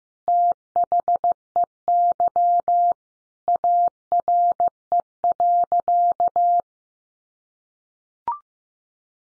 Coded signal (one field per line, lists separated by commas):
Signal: Morse code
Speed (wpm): 15 wpm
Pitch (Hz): 700 Hz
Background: none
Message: THEY ARE.